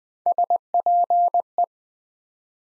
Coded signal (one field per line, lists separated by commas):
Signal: Morse code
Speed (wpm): 20 wpm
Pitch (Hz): 700 Hz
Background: none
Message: SPE